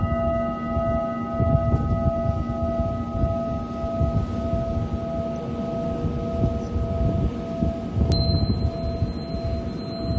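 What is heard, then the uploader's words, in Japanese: A singing bowl hums with steady, layered ringing tones over a dense low rumble, and a brief high tone enters around eight seconds. メキシコから シンギングボウルのサウンドヒーリング ライブ。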